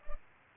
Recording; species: mosquito wingbeat signal from an infrared sensor; Culex pipiens